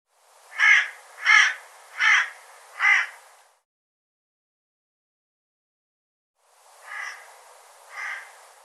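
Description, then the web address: Bird giving harsh cawing calls, four in a steady series about every 0.7 seconds, then a pause and two softer caws. "cianscape birddata Deverinetal 2025 File cleaned normalized Bird"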